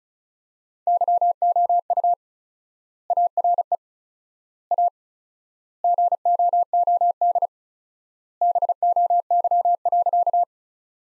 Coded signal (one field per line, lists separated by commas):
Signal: Morse code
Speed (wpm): 34 wpm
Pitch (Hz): 700 Hz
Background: none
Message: YOU ARE A GOOD BOY.